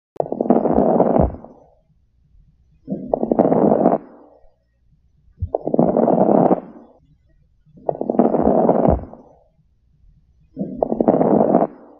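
Five breath sounds at about 24 per minute, each with a burst of brief, fine crackling pops over the breath noise. These are fine crackles, an abnormal lung sound, heard over an adult chest.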